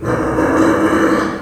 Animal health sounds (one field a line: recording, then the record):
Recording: squeal of a Yucatan mini pig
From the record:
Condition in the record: after surgery on the right vocal fold (resection and tissue-engineered implant)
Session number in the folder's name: 1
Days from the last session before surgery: 13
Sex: female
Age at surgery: 19 weeks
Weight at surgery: 25 kg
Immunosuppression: prednisolone